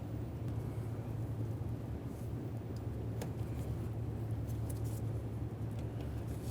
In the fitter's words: Press it in, listen for a click from both sides, give it a little tug to make sure that's completely secure.